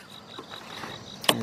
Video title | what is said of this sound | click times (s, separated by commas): ⭐ 2006 Toyota Corolla - Replacing The Front Headlight Bulb | I don't feel like there we go it's about 5:00 and then you want to turn it clockwise till the locks into place | 1.3 s